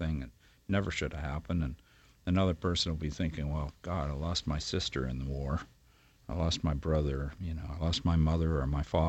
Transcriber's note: none